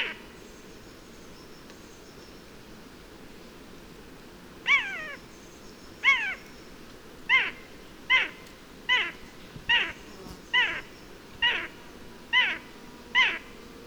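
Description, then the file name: Eurasian jay calling after a quiet start: ten short, down-slurred mewing notes, the later ones coming more quickly. "Garrulus glandarius"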